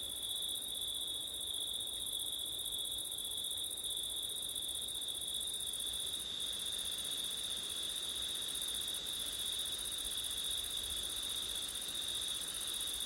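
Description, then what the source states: Crickets in steady chorus, a continuous high shrill trill with a second fainter band higher still. Crickets on a September night with wind.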